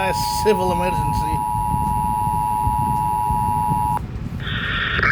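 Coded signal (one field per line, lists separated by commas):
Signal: Emergency Alert System (SAME) tones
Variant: 853 and 960 Hz attention tone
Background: speech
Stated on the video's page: Fictional zombie EAS scenario.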